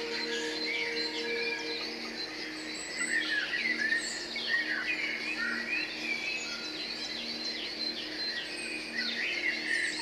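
Many birds chirp and warble at once, a dense, overlapping chorus of bright, quick calls running steadily through all ten seconds. Beneath them sits a soft, even hiss, and a low steady hum with a faint tonal drone in the first two seconds.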